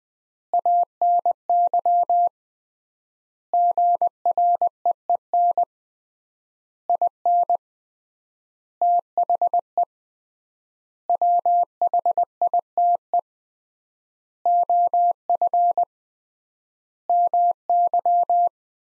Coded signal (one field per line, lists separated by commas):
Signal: Morse code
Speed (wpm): 20 wpm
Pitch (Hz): 700 Hz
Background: none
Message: ANY GREEN IN THE WHITE OF MY